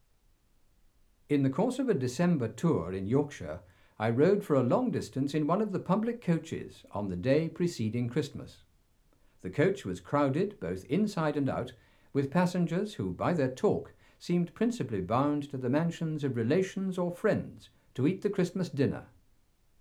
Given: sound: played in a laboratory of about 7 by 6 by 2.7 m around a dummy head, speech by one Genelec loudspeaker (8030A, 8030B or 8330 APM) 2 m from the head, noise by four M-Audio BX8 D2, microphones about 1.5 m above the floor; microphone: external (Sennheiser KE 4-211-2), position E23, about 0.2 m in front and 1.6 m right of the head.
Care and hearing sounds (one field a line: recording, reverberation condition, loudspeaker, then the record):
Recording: male speech in English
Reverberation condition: low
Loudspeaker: 60 degrees to the right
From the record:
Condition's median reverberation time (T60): about 310 ms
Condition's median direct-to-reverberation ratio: about 3.5 dB